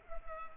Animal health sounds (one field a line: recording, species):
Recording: mosquito wingbeat signal from an infrared sensor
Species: Culex pipiens